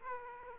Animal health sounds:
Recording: mosquito wingbeat signal from an infrared sensor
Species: Aedes aegypti

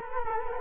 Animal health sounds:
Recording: mosquito wingbeat signal from an infrared sensor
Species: Culex quinquefasciatus

